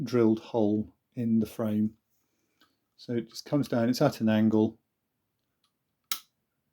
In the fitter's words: and that just locks in place.